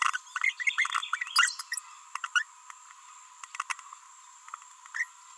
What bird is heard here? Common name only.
Green-rumped Parrotlet